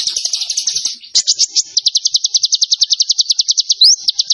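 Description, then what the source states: Zebra finch song: a quick series of clear, evenly spaced high chirped notes forming a rhythmic trill, with one rising upslurred note near the end. Tembakan bird singing actively (gacor); master recording used for training cage birds.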